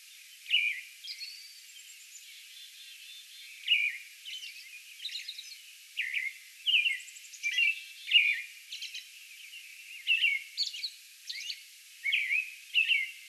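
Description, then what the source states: American robin sings caroling phrases, sparse in the first seconds and then coming in a quick series, with soft high-pitched squeaks between them. Song bout, recorded on May 11.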